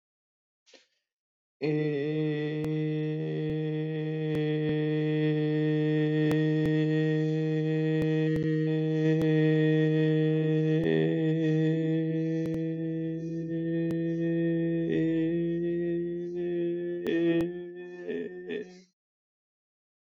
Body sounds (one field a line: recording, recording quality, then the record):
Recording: sustained vowel as in made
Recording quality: excellent, no background noise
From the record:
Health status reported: COVID-19 positive, mild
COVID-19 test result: positive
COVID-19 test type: RT-PCR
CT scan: not taken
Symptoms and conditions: cold, fever, loss of smell and taste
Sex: male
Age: 27 years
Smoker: no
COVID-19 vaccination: both doses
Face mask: not worn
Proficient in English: yes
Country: India